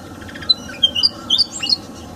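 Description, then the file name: Pied fantail song: a quick run of several short, high, sweet whistled notes, jumping up and down in pitch, over a faint steady hum. In a garden. "kipasan kebun. omkicau"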